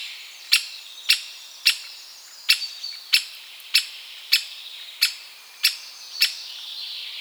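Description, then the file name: Great spotted woodpecker calling with sharp, abrupt single 'kik' notes, repeated roughly every half second to second, against a faint steady background hiss. "buntspecht"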